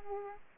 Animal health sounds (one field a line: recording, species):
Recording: mosquito wingbeat signal from an infrared sensor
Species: Aedes aegypti